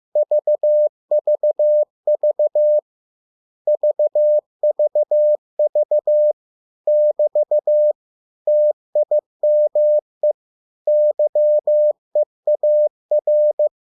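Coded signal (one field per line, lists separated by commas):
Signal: Morse code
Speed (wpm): 15 wpm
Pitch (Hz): 600 Hz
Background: none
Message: VVV VVV <BT> TIME YEAR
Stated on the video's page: Morse practice of 100 English words at 15 WPM, for copying by ear.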